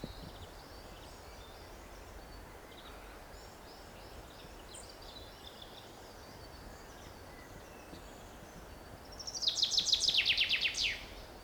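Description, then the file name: Common chaffinch song: a short run of descending trilled notes ending in a flourish near the end, after long quiet background hiss. "Fringilla coelebs"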